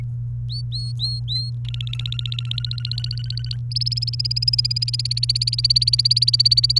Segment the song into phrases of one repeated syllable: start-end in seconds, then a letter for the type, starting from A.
0.50-1.50 A, 1.65-3.56 B, 3.71-6.79 C